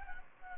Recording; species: mosquito wingbeat signal from an infrared sensor; Anopheles gambiae